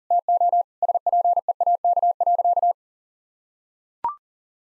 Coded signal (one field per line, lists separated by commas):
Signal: Morse code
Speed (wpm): 40 wpm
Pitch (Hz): 700 Hz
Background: none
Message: TO SPEAK.